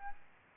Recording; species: mosquito wingbeat signal from an infrared sensor; Aedes albopictus